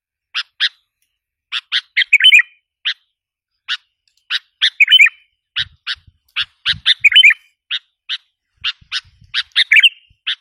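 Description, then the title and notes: Sooty-headed bulbul song: sharp clipped chips spaced irregularly, broken by brief bubbly warbled phrases, with faint low thumps in the background. "Kicau Burung Kutilang"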